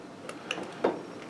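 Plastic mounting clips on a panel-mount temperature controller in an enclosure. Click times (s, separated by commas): 0.5 s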